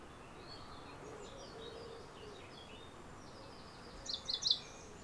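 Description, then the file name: Common chaffinch calls: a few short, sharp high notes in quick succession near the end, over a steady background hiss with faint scattered bird notes earlier. "Fringilla coelebs"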